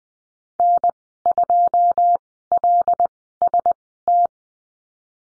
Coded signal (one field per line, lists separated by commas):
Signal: Morse code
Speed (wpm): 20 wpm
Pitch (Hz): 700 Hz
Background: none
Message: N2LST